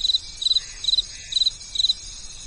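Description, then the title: Insects chirping at night in short, high, pulsed trills repeated about twice a second over a steady high hiss. Insects heard at night, before birdsong and cicadas in the morning. "From night to morning, the sound of nature and insects at night, the birdsong and cicadas in the morning"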